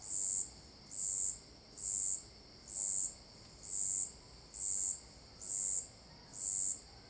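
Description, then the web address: Insect calling: eight bright, high bursts spaced just under a second apart, with a continuous shrill drone beneath. Cicadas and crickets giving marked, rhythmic calls; recorded at Alto Paraíso de Goiás, Brazil. "Cigarras e grilos marcados e ritmicos. local alto-paraiso-de-goias"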